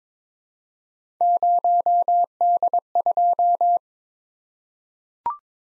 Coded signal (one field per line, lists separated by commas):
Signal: Morse code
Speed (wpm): 22 wpm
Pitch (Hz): 700 Hz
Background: none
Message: 0D2